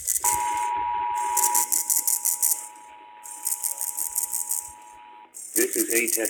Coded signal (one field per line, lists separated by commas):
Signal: Emergency Alert System (SAME) tones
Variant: 853 and 960 Hz attention tone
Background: speech